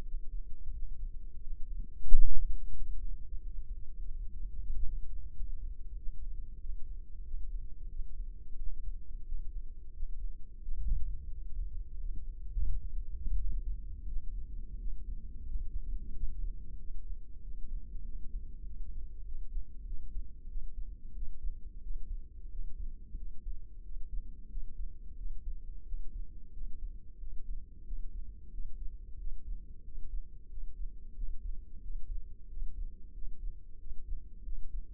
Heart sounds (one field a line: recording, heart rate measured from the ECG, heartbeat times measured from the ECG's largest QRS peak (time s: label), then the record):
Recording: heart sounds by microphone in the left ear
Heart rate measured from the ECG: 91 bpm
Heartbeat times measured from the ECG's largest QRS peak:
0.06 s: heartbeat
0.74 s: heartbeat
1.43 s: heartbeat
2.10 s: heartbeat
2.76 s: heartbeat
3.42 s: heartbeat
4.07 s: heartbeat
4.71 s: heartbeat
5.35 s: heartbeat
5.99 s: heartbeat
6.62 s: heartbeat
7.26 s: heartbeat
7.92 s: heartbeat
8.59 s: heartbeat
9.27 s: heartbeat
9.95 s: heartbeat
10.64 s: heartbeat
11.32 s: heartbeat
12.00 s: heartbeat
12.69 s: heartbeat
13.39 s: heartbeat
14.10 s: heartbeat
14.81 s: heartbeat
15.48 s: heartbeat
16.16 s: heartbeat
16.81 s: heartbeat
17.45 s: heartbeat
18.06 s: heartbeat
18.67 s: heartbeat
19.27 s: heartbeat
19.87 s: heartbeat
20.50 s: heartbeat
21.16 s: heartbeat
21.83 s: heartbeat
22.52 s: heartbeat
23.18 s: heartbeat
23.85 s: heartbeat
24.51 s: heartbeat
25.18 s: heartbeat
25.87 s: heartbeat
26.54 s: heartbeat
27.21 s: heartbeat
27.86 s: heartbeat
28.53 s: heartbeat
29.20 s: heartbeat
29.86 s: heartbeat
30.51 s: heartbeat
31.17 s: heartbeat
31.83 s: heartbeat
32.50 s: heartbeat
33.15 s: heartbeat
33.80 s: heartbeat
34.45 s: heartbeat
From the record:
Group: healthy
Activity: breath hold 0-12 s, rest 12-35 s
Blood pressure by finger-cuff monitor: 144/89 mmHg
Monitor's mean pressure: 106 mmHg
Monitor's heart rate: 91 bpm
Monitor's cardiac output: 7.3 L/min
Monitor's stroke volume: 80 mL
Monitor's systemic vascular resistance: 1100 dyn s/cm5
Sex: male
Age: 21 years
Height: 175 cm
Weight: 72.6 kg